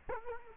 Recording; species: mosquito wingbeat signal from an infrared sensor; Culex quinquefasciatus